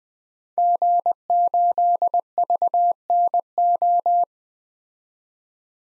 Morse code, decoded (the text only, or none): G8VNO